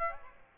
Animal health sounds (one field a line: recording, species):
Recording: mosquito wingbeat signal from an infrared sensor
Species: Aedes aegypti